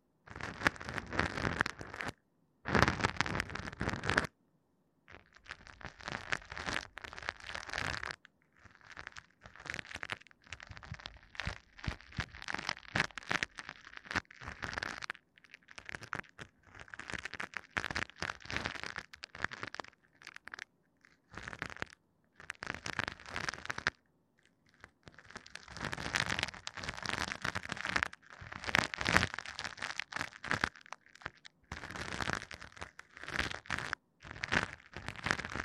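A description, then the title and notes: Ear cleaning, heard as dense, scratchy crackling and crinkling rubs that come in bursts lasting a few seconds. Short silent gaps break the sound near 2, 4, 8, 15, 21 and 24 seconds. The rustling is bright and busy, with a thin low rumble beneath. Tascam 耳掃除 | Tascam Ear Cleaning | NO Talking.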